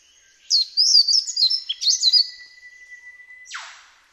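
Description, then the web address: Yellow-throated scrubwren song, a quick series of high, scratchy chirps and trills over a thin steady tone, then a short noisy swish. "Yellow throated scrubwren. صدای-پرنده-خس-نشین-گلوزرد"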